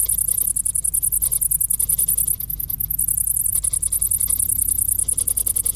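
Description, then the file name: Cricket song, rapid shrill pulses in a steady high trill with a short pause near the middle, over a low droning rumble. "Grillen"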